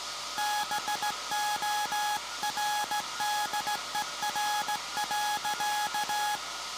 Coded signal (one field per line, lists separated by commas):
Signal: Morse code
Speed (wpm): 17 wpm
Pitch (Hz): 840 Hz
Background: none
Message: BORDER.